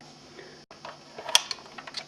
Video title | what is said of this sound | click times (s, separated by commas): 8th palms & Probes | channel two brass tabs up until they click | 1.3 s